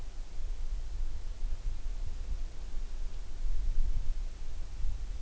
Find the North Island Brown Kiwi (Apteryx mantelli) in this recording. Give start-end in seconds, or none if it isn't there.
none